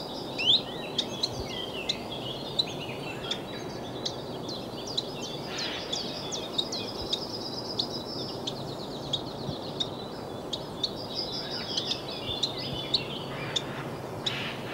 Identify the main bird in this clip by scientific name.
Phylloscopus collybita